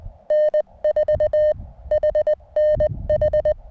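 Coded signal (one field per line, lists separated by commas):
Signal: Morse code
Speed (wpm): 20 wpm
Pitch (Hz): 1800 Hz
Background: none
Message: N4HNH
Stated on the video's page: CW contacts during a joint Summits on the Air activation atop Mount Baldy, Arizona.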